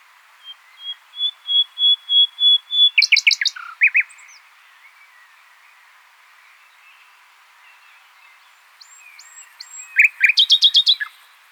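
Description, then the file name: Common nightingale song: a long crescendo of repeated whistled notes speeding into a rattle, a silent stretch, then a second fast burst of sharp notes. "Luscinia megarhynchos"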